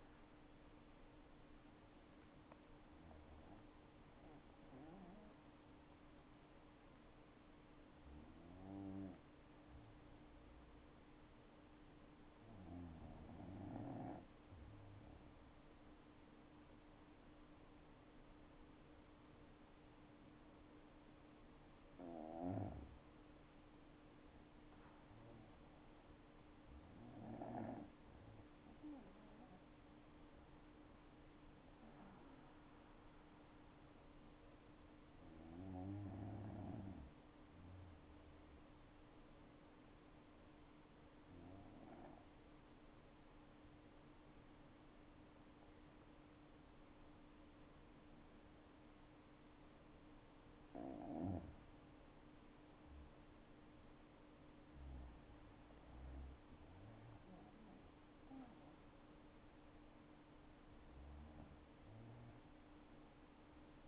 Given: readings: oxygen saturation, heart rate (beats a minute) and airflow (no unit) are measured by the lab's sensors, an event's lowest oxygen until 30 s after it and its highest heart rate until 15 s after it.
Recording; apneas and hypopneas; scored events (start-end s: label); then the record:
breathing in sleep by a voice recorder at the bedside; 2
7.00-24.10 s: hypopnea (N2, oxygen 97% highest, then 93% lowest, heart rate 67 at the start, 69 highest)
41.00-53.50 s: hypopnea (N2, oxygen 96% highest, then 93% lowest, heart rate 60 at the start, 69 highest)
From the record:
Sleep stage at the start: N2 (light sleep); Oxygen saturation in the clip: 93 to 97%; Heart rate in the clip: 57 to 87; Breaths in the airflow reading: 10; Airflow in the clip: -8.5 to 9.3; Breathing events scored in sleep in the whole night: 228 in 5.4 hours asleep